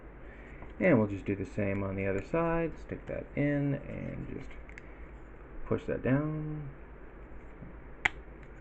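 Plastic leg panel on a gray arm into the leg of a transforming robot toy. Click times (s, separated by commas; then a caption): 8.1 s. On the second side of an SS86 Skywarp plastic transforming robot toy, a plastic panel on a small gray arm is moved back, a finger is stuck in, and it is pushed down into the leg while someone talks. One sharp click at 8.1 s marks the panel seating into place.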